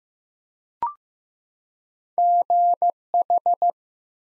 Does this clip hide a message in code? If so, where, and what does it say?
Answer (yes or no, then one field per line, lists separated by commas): yes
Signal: Morse code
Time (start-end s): 2.2-3.7 s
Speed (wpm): 15 wpm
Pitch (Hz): 700 Hz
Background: none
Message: GH